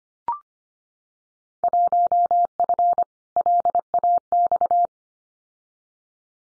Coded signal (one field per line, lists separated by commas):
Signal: Morse code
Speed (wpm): 25 wpm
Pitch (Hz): 700 Hz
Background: none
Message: 1F LAX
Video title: Field Day Exchange Encore 25wpm